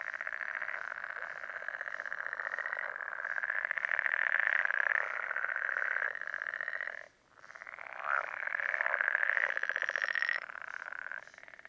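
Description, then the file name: Pool frogs in a sustained rattling chorus, fast pulsed croaking for about seven seconds, a short pause, then another long burst. "life dviete. pelophylax lessonae"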